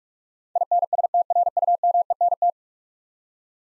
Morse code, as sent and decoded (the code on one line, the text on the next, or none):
.. -. ... - .-. ..- -- . -. -
INSTRUMENT